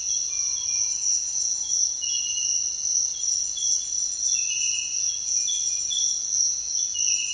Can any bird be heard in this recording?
no